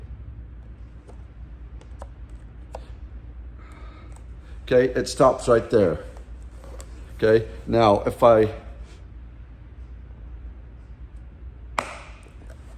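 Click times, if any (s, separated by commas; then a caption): 11.8 s. Two halves of a plastic rebreakable martial-arts practice board are pushed together while someone talks, with a few faint small ticks in between. A sharp, loud snap at 11.8 s marks the halves locking together, and they hold tight.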